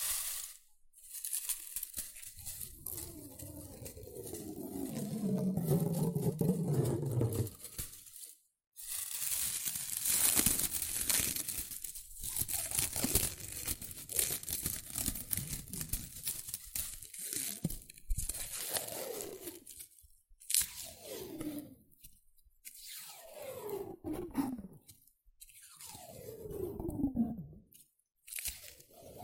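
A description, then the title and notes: Rustling and crinkling in dense, bursty handfuls, broken by brief silences near 8, 20 and 27 seconds, with some rough tearing sweeps later. ASMR Rustling and Crinkle Sounds.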